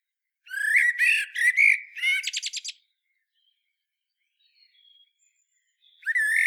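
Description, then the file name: Common blackbird song: one fluting phrase that rises into a fast, squeaky trill, then a quiet pause before the next phrase begins. "Turdus merula"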